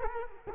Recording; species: mosquito wingbeat signal from an infrared sensor; Culex quinquefasciatus